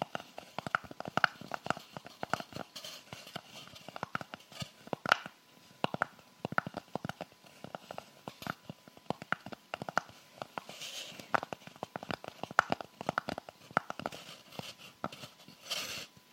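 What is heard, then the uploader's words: Quick, irregular fingertip taps on assorted surfaces, crisp, some clicky, some papery crinkles, with brief soft rustling bursts near eleven seconds. ASMR Tapping With Rhinestone Fingers. In this video it's all about TAPPING on many different surfaces.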